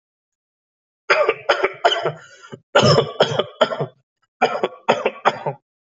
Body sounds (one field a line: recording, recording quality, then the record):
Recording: shallow voluntary cough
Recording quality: excellent, no background noise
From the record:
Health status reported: healthy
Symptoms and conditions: none ticked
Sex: male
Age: 32 years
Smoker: not ticked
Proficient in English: yes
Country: India